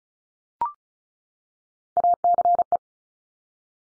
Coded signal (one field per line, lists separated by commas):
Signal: Morse code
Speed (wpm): 36 wpm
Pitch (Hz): 700 Hz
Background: none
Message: ACE